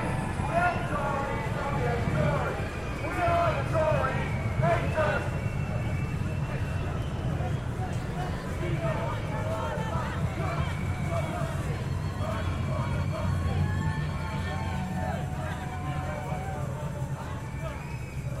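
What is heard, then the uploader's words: A student demonstration gathers in the city, with a dense, steady babble of many voices. Individual shouts and calls break through at moments, especially in the first five seconds, over a constant low rumble of traffic and street noise. Demostration, student gathering against the cuts - Binaural Composition, London. This is a binaural audio recording.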